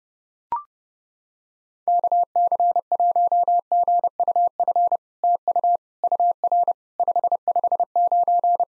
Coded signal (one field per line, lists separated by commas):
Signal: Morse code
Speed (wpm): 30 wpm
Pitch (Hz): 700 Hz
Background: none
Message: KC1GUF TU UR 559